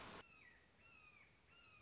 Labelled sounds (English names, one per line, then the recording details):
Red-shouldered Hawk
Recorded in Sonoma County, California